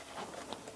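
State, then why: Seated. A plastic valve part is pressed into the hose housing of a Dyson DC40 vacuum during a valve hose repair. Soft handling rustle is followed by one short, sharp snap at 0.5 s, and the valve part is seated.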